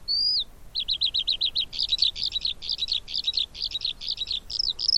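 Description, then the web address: Eurasian skylark song: one clear whistle, then a fast trill of high repeated notes breaking into rolling, jumbled chirping phrases. "Deverinetal"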